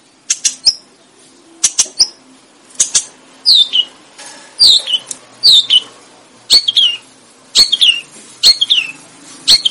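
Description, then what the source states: Sooty-headed bulbul singing high, bright chirps that slur downward, given in quick pairs and triplets about once a second, mixed with sharp clicks and taps. Bird described as gacor, singing actively and persistently.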